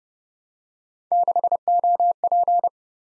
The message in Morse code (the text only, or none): 6OP